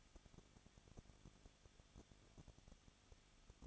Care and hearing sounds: daily activity, microphone in the room; no activity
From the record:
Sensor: 4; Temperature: 23.0 degrees Celsius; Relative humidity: 34.5%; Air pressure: 1007.2 hPa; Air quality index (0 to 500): 216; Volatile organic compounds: 15 ppm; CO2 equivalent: 2512 ppm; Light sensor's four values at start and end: 2/3/1/1 and 2/3/1/1

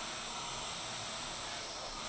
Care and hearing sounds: daily activity, microphone in the room; vacuum cleaning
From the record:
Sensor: 5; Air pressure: 999.4 hPa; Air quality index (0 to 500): 226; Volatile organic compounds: 23 ppm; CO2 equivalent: 2768 ppm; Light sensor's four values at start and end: 34/79/32/30 and 34/79/32/30

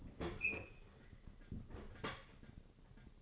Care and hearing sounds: daily activity, microphone in the room; open fridge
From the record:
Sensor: 4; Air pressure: 996.0 hPa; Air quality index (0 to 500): 62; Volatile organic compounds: 2 ppm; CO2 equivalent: 1110 ppm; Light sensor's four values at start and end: 15/41/16/18 and 15/40/15/17

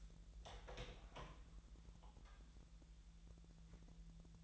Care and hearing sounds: daily activity, microphone in the room; open door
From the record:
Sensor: 3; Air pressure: 1001.4 hPa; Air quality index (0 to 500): 250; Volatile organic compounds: 152 ppm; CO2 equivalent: 4032 ppm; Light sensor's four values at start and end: 13/31/13/13 and 13/31/13/13

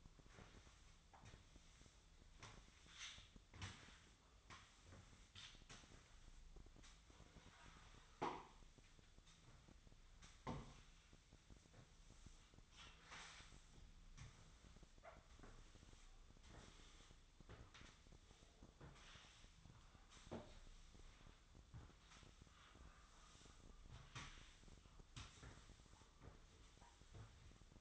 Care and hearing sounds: daily activity, microphone in the room; sweep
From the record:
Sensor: 3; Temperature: 24.4 degrees Celsius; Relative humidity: 34.2%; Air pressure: 1004.7 hPa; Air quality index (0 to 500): 87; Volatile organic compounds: 3 ppm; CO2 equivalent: 1326 ppm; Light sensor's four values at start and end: 7/17/7/6 and 7/17/7/6

